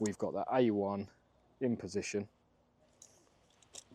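Someone talks while a Cobra DS Adapt golf driver head, set to the A1 position on its shaft adapter, is handled and lined up on the shaft before being tightened with the wrench. After the talking stops, only faint, light handling ticks are heard around 3.0, 3.6 and 3.8 seconds. The head has not yet been tightened and nothing has clicked.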